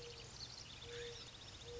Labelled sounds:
Mourning Dove
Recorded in Sonoma County, California

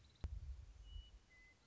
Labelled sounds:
Western Meadowlark
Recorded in Sonoma County, California

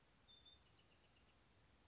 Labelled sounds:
Bewick's Wren
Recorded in Sonoma County, California

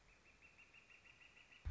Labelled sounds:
Northern Flicker
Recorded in Sonoma County, California

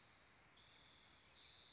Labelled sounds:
Spotted Towhee
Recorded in Sonoma County, California

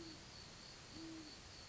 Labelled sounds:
Great Horned Owl
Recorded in Sonoma County, California

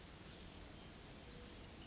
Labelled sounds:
Brown Creeper
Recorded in Sonoma County, California

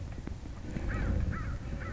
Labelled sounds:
American Crow
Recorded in Sonoma County, California

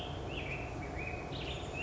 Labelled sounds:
Black-headed Grosbeak
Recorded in Sonoma County, California

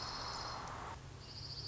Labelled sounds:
Dark-eyed Junco
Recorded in Sonoma County, California

